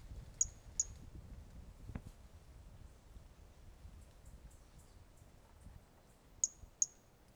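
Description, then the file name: Brachycephalus mirissimus calls: two sharp high clicks, a quiet spell, then a faint run of soft high ticks and two more sharp clicks. Individual 05, 18 January 2018; two initial notes of the call missing; animal not collected; recordist L F Ribeiro. "Brachycephalus mirissimus 18 jan 2018 individual 05 ex 05 two initial notes missing L F Ribeiro not collected"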